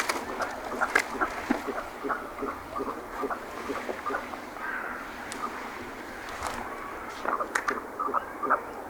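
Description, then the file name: Merganser calls, short rough notes scattered irregularly throughout over a constant background hiss. "Typical mergansers"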